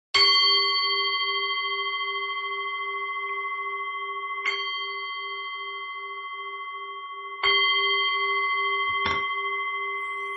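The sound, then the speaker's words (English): A meditation bell is struck three times to begin a Buddhist breathing meditation, each ring a bright metallic tone with steady harmonic overtones that hang and slowly fade, the later strikes landing over the still-sustaining resonance. “So I'll just ring the bell right now.”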